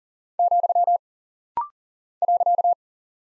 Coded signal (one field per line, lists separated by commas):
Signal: Morse code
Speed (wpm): 42 wpm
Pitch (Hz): 700 Hz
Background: none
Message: , .